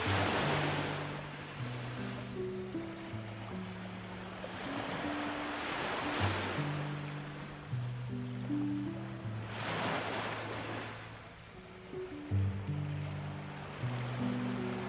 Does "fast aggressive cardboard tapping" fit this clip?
no